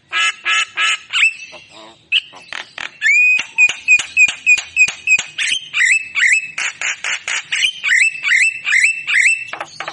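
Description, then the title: Javan myna song with harsh squawks, then a rapid run of sharp clicks and looping whistled notes, varied and continuous. Javan myna singing actively (gacor), in a recording used for training and luring songbirds. "Masteran & Pancingan Kicauan Jalak Kebo Gacor Istimewa isian Murai Cucak Ijo Lovebird"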